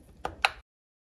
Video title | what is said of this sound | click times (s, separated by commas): Replace 3.0L Mercruiser inboard spark plugs and wires | and push this in until it makes the clicking sound and is secured | 0.5 s